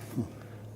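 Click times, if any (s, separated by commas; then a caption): none. A metal retaining pin is pushed into its hole in the drum brake shoe assembly while reassembling the brakes on a 1965 Harley panhead. A faint hit is heard under a steady low hum, but nothing has clicked or locked. The pin is not meant to lock; it only sits in the groove, held by the shoe.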